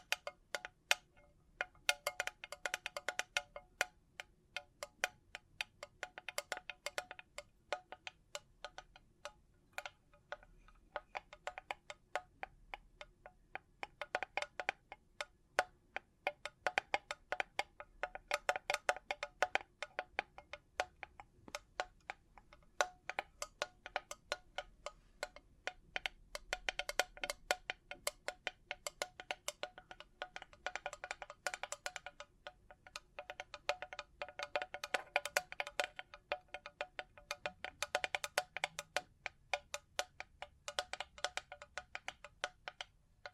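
Bright, glittering jingles and clinks like small chimes or jewelry, tapped and shaken in quick clusters throughout. The clicking comes in dense flurries with short gaps, swelling busier around the middle and again later, over a faint low hum.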